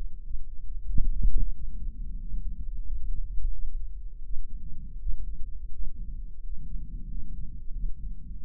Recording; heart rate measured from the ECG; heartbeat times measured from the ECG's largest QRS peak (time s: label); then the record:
heart sounds by microphone in the right ear; 88 bpm
0.26 s: heartbeat
0.90 s: heartbeat
1.55 s: heartbeat
2.21 s: heartbeat
2.87 s: heartbeat
3.54 s: heartbeat
4.25 s: heartbeat
5.01 s: heartbeat
5.74 s: heartbeat
6.45 s: heartbeat
7.11 s: heartbeat
7.76 s: heartbeat
8.41 s: heartbeat
From the record:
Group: healthy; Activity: Valsalva maneuver 0-1 s, rest 1-9 s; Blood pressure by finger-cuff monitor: 160/88 mmHg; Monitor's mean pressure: 105 mmHg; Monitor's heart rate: 91 bpm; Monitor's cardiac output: 7.1 L/min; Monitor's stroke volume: 79 mL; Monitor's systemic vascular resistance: 1120 dyn s/cm5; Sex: male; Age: 21 years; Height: 175 cm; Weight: 72.6 kg